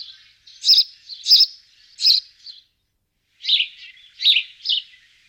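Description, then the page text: Sparrow giving short, bright chirps in two loose bursts of three or four notes, separated by a brief pause. "Голоса птиц - Воробьи"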